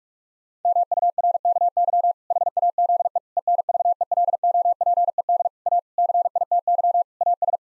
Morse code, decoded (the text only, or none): MURKY HAZE ENVELOPED A CITY AS